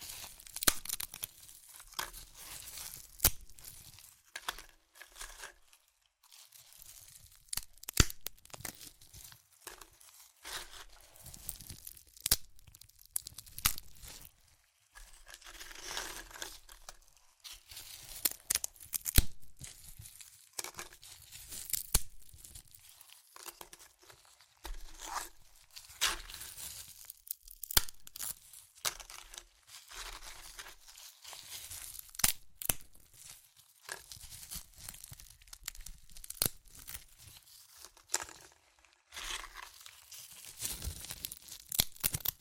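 Crunchy chips being crushed and eaten, with dense bursts of bright crackling and crinkling that come in irregular clusters every second or two. Short quieter gaps fall between the bursts, and a faint low hum sits underneath throughout.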